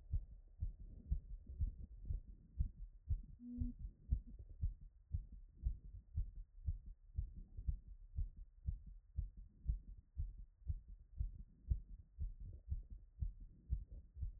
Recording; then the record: heart sounds by stethoscope after running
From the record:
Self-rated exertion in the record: light exertion (2 of 6); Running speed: 6 mph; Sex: female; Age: 28 years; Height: 155 cm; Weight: 44 kg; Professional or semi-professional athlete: no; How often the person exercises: 3 to 5 times a week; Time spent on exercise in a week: over 5 hours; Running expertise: yes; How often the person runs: 3 to 5 times a week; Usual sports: running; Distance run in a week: 45 km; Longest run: 32 km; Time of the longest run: 200 minutes